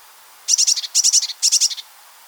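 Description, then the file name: Eurasian blue tit calling in three fast bursts, each a run of thin, high notes that drop slightly lower at the end. "Cyanistes caeruleus"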